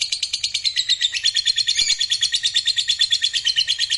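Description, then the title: Lovebird in a rapid, high-pitched chattering trill, evenly pulsed and continuous throughout. Fighter lovebird giving a long ngekek trill. "Begitu Dengar Suara Lovebird FIGHTER NGEKEK PANJANG"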